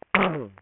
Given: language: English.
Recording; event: throat vibration sensor signal played as sound; throat clearing